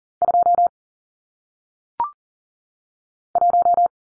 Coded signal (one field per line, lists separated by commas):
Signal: Morse code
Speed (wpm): 38 wpm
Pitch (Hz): 700 Hz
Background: none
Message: 2 1